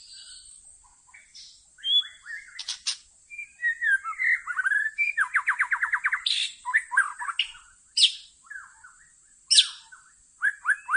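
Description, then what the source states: White-rumped shama song, a rich varied medley of whistles, harsh buzzy notes and a fast rattling series, phrases broken by brief pauses, with constant high-pitched hiss behind. Lure (pikat) song for attracting birds.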